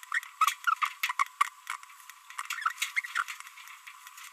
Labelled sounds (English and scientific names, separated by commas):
Green-rumped Parrotlet (Forpus passerinus) babbling